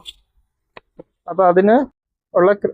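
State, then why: Seated. A coaxial cable F-connector is slid into a crimping tool and pressed, and it locks in place with a sharp click at 0.8 s, followed by a fainter click at 1.0 s. Someone talks afterward.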